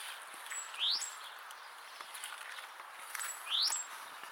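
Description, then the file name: Great tit calls, two sharp rising whistled notes about three seconds apart, each followed by a thin high note, over steady background hiss and faint patter. "Parus major"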